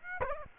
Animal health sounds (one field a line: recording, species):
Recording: mosquito wingbeat signal from an infrared sensor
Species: Aedes aegypti